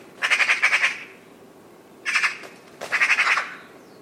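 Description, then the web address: Bird calls in three bursts of rapid, harsh pulsed notes, the first and last longest, the middle one short, with quiet gaps between. "cianscape birddata Deverinetal 2025"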